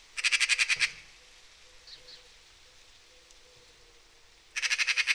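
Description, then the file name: Eurasian magpie chattering: a loud, harsh rattle of evenly spaced notes, a quiet pause, then another rattling burst starting at the end. "Pica pica"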